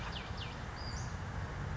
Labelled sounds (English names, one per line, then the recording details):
Western Flycatcher
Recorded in Sonoma County, California